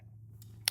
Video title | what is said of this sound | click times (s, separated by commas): Install video for Glock +0 Weighted Base Plate Gen 1-5 by Cross Armory | and push like this and you'll heal it click it'll click into place just like that | 0.7 s